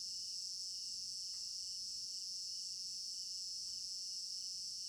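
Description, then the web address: Crickets give a steady high-pitched trill, pulsing gently, with a few short faint knocks in the background. Crickets in an African village garden at night; stereo binaural recording. "African-Village Garden Night Crickets Stereo-Binaural. immersive sound library"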